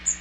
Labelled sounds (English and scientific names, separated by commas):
Magnolia Warbler (Setophaga magnolia) flight call